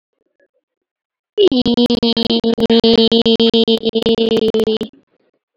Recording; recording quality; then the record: sustained vowel as in beet; poor, much background noise or distortion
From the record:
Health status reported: COVID-19 positive, no symptoms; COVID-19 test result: positive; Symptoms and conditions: sore throat, muscle pain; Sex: female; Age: 31 years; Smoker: not ticked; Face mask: worn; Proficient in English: yes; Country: India